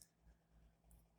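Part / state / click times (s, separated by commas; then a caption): figure head onto neck ball joint / partly seated / 0.0 s. A plastic action figure head is pushed onto its neck ball joint, and a faint click is heard at 0.0 s, followed by quiet, low handling noise. The head does not stay on and pops back off because the soft plastic does not hold.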